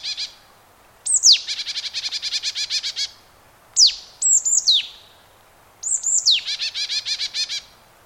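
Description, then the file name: Marsh tit calls: sharp high descending 'pitchoo' notes, twice followed by rapid buzzy chattering runs, in three bursts with short pauses between. "Poecile palustris"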